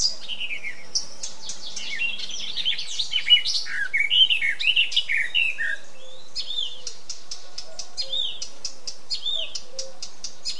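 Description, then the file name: Eurasian blackcap delivering a lively, scratchy warble for several seconds, followed by quieter rapid ticking notes. "Sylvia atricapilla"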